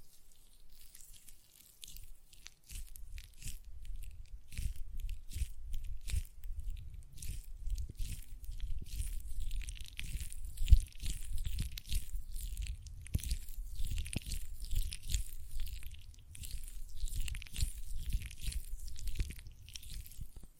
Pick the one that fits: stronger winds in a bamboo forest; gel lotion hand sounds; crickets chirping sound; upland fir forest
gel lotion hand sounds